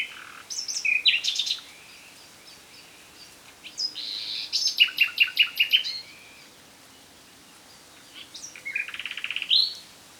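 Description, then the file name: Common nightingale song: bursts of high, varied phrases with rapid repeated notes and buzzy trills, separated by short pauses. "Luscinia megarhynchos"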